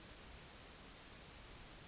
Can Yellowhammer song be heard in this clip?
no